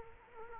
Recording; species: mosquito wingbeat signal from an infrared sensor; Culex quinquefasciatus